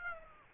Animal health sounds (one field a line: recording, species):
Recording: mosquito wingbeat signal from an infrared sensor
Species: Aedes aegypti